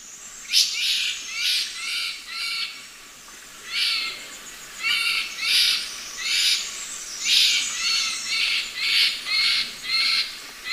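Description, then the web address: Andean solitaire song: a busy run of short, high, ringing phrases in quick succession, pausing briefly midway, then resuming in bursts. Ecuador. "Birds of Ecuador. Andean Solitaire"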